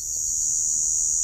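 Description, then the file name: P. hirtipennis giving a continuous, unbroken high-pitched buzz that holds steady and loud throughout. "P hirtipennis Coombs View"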